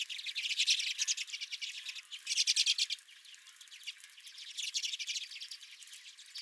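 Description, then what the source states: Redpolls chattering, loud bursts of fast buzzy notes in the first three seconds, then softer twittering. Several redpolls at the recordist's own feeder.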